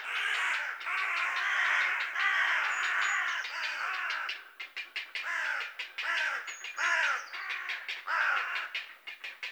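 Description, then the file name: Carrion crow giving drawn-out hoarse caws with a stretch of quicker, choppy croaks, and a thin high whistle twice. "Corvus corone"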